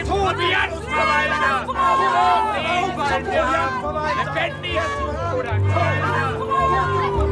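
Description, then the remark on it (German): A dense, loud tumult of many voices shouting and clamoring at once, an agitated crowd in Milan roaring continuously, crying for the death of the provisions superintendent, with overlapping cries rising and falling throughout. “Renzo befindet sich mitten im größten Getümmel.”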